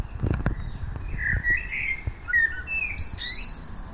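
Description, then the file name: Blackbird giving a soft, drawn-out fluty phrase ending in a high, thin twitter, with low knocking noises at the start. "Turdus merula"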